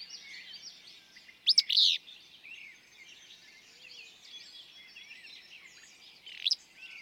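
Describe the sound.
Willow flycatcher singing a brisk, buzzy, sneezing phrase, then a single sharp note about five seconds later, with thin twittering of other birds continuing underneath.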